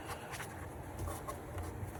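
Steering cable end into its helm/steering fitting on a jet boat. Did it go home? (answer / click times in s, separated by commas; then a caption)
no / none. A steering cable end is pulled into an inboard jet boat and kept straight as it is guided toward its helm/steering fitting. Only faint, steady handling and rubbing noise over a low background hum is heard, with no sharp sounds. Nothing has seated or clicked yet.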